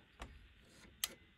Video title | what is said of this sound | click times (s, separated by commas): Tuto dépannage moteur porte de garage latéral | vous entendu le clicez là il se libère entend bien le bruit | 1.0 s